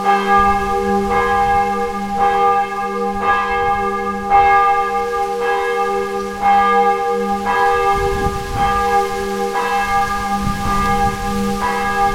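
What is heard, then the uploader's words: Church bells ring out in a steady, regular peal, a new stroke landing about once a second over a long ringing hum that never fully fades. The tone is full and layered with bright overtones, with faint low rumbling underneath. The bells of the Notre-Dame-de-l'Assomption in Sérignac-sur-Garonne. Recorded with Sony PCM D50.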